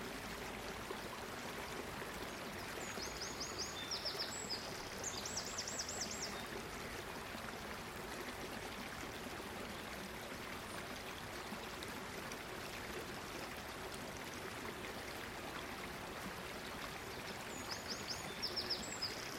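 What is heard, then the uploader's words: A quiet river flows steadily through a leafy forest, its even wash and trickle filling the whole clip with no pauses. Faint, high bird chirps come through now and then, near the start, around five seconds, and again at the very end. Gentle Flowing River Dreamscape. Tonights soundtrack features the sound of a quiet river flowing through a green, leafy forest.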